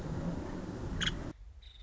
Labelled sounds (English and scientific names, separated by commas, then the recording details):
Nuttall's Woodpecker (Dryobates nuttallii)
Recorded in Sonoma County, California